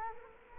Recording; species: mosquito wingbeat signal from an infrared sensor; Culex quinquefasciatus